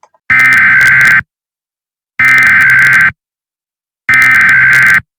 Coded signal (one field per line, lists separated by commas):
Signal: Emergency Alert System (SAME) tones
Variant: header bursts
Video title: The SMG3 Invasion: Meteor-X (An EAS Scenario)